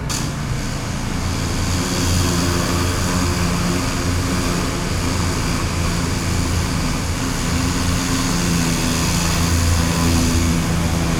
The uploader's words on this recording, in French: Nettoyeur haute pression. Massy.